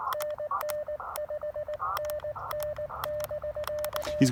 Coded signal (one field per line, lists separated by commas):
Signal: Morse code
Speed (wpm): 20 wpm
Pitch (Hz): 600 Hz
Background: speech, radio noise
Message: NN 5NN <BK>